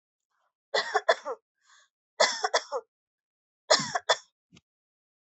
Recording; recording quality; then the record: shallow voluntary cough; excellent, no background noise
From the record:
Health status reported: healthy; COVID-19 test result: not tested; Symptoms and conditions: none ticked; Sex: female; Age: 20 years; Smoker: not ticked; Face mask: not worn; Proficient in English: yes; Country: India